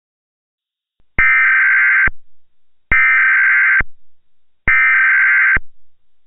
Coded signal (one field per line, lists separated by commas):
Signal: Emergency Alert System (SAME) tones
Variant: header bursts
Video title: EAS Scenario: Rosie Hedgezilla Part 1 (REVAMPED)